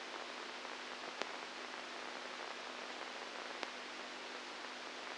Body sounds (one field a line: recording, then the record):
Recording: brain microelectrode recording played as sound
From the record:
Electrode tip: inside the subthalamic nucleus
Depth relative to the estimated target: -2 mm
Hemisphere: right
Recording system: NeuroSet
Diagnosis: Parkinson's disease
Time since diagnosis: 10 years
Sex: female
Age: 67 years